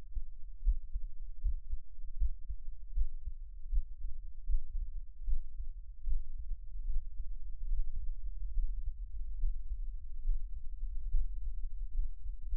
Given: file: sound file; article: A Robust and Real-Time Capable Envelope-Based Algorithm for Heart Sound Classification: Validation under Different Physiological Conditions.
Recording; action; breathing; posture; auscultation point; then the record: heart sounds by electronic stethoscope; rest; deep; sitting; Erb’s point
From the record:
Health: healthy, no known heart disease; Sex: male